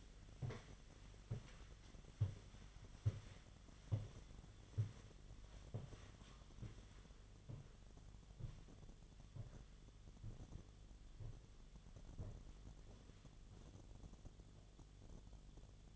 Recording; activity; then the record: daily activity, microphone in the room; walk to room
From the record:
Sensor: 4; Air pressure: 1010.9 hPa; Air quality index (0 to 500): 164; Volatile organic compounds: 4 ppm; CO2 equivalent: 1667 ppm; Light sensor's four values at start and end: 42/120/48/50 and 43/121/49/50